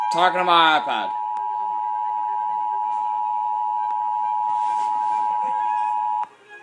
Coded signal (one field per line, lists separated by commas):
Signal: Emergency Alert System (SAME) tones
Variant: 853 and 960 Hz attention tone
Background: speech, music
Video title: EAS 381 SVR NWS Sioux Falls